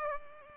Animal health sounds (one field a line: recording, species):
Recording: mosquito wingbeat signal from an infrared sensor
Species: Culex pipiens